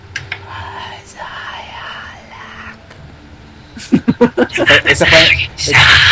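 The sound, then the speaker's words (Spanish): A voice imitates Parseltongue, the snake language from Harry Potter, with breathy hisses, starting low and whispery, then breaking into a run of sharp, rhythmic hissing bursts that swell into loud, sustained sibilant hisses. “Esa fue mi imitación de Parcel. Ya ven, hablo Parcel. Puedo hablar con las serpientes.”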